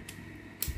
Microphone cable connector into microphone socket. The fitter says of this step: Đấy, các bác nghe tiếng tạch cái là được nhé.